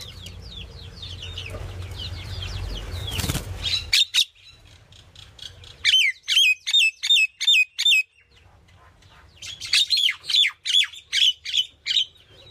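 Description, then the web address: Myna calls: after a noisy opening, quick series of sharp, squawking notes repeated in two bursts, with a low hum between. "animal-sound myna-sound"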